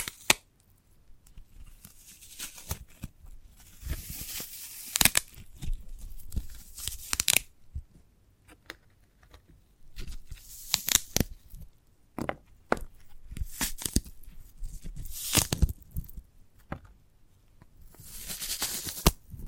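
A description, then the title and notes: A sprouted coconut is handled in ASMR style, with sharp tearing and ripping sounds as the fibrous husk is pulled apart. The bright, crackly tears come in irregular bursts, with louder pulls near 5, 7, 11, 15 and 19 seconds, and quiet handling in between. ASMR of a Sprouted Coconut (No Talking).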